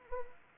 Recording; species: mosquito wingbeat signal from an infrared sensor; Anopheles arabiensis